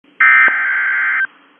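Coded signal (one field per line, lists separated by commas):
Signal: Emergency Alert System (SAME) tones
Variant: header bursts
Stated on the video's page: Severe thunderstorm warning on weather radio station KZZ48 from Wilmington, Ohio.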